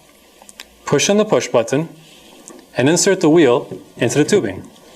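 Someone talks while a wheel stem's spring push button is pressed in, ready to insert the wheel into the rollator frame tubing. A few faint ticks are heard around 0.5 and 0.6 s before the talking. Nothing has seated or clicked yet, and the button has not popped out through the tubing hole.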